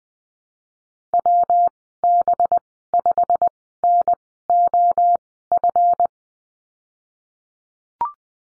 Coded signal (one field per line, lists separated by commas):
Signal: Morse code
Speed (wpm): 20 wpm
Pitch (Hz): 700 Hz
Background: none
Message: WB5NOF